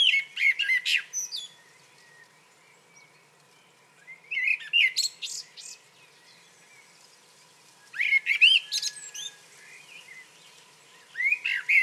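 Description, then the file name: Common blackbird song phrases roughly every four seconds, short bursts of mellow warbling topped with thin, high chattering notes. "Turdus merula"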